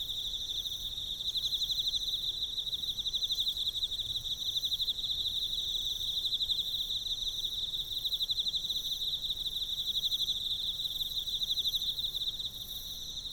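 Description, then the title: Emma field cricket song, an unbroken high, rapidly pulsed trill, dropping slightly in level near the end. Recorded with a ZOOM F6 recorder and Sennheiser MK microphone. "エンマコオロギ"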